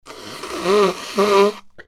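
Wheeze in an adult's breathing: two short musical, tonal episodes against a breathy noise.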